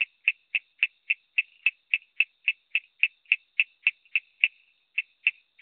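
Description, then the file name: Coorg yellow bush frog producing quick, regular clicks, more than three each second, in an unbroken series with a quiet background. "Raorchestes luteolus call"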